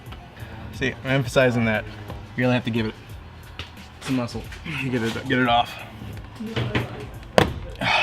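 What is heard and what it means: A plastic door trim panel is pulled outward by hand on a 2015+ WRX door until its retaining clip pops free of the car door. Someone talks over music, then a sharp, loud pop is heard at 7.4 s as the clip releases.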